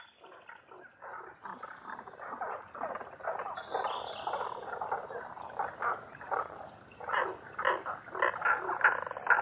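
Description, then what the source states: Tago's brown frog chorus building in loudness, rasping croaks about twice a second from several frogs, with thin high whistles midway and at the close. Recorded 11 June 2010 at 18:05.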